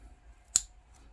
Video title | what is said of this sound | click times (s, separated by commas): Rike Doing Something Different | see how they pop into place and lock into | 0.6 s